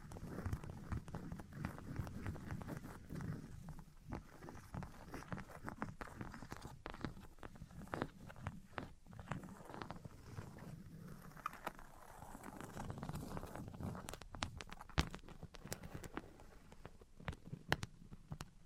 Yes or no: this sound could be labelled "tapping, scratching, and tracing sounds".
yes